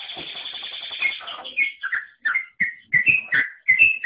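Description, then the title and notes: Bird song: a soft, buzzy, chattering stretch first, then loud, separate whistled notes. "Bird Sound. Kicau Burung Lengkap"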